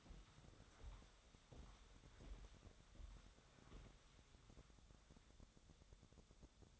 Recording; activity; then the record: daily activity, microphone in the room; walk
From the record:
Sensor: 3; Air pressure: 1015.3 hPa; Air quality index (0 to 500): 132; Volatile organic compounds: 6 ppm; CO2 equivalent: 1860 ppm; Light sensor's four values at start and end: 11/29/11/12 and 13/34/13/14